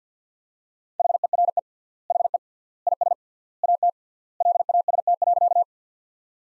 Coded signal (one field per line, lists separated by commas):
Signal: Morse code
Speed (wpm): 50 wpm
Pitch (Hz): 700 Hz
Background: none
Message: HERE HE IS AT LAST.